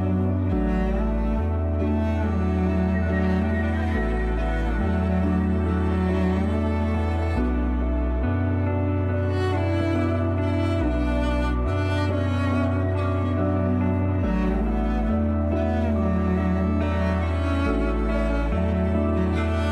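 String music plays steadily throughout, with full sustained chords over a deep bass line that shifts to a new note every couple of seconds. The sound is dense and even in loudness, with bright upper tones layered above the low foundation.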